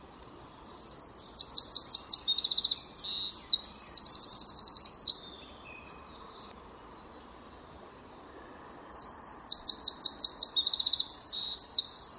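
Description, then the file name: Eurasian wren song: two loud, rapid bursts of high trills and chattering notes, the first about five seconds long, a pause of silence, then a second burst starting. "Troglodytes troglodytes"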